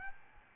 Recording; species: mosquito wingbeat signal from an infrared sensor; Aedes albopictus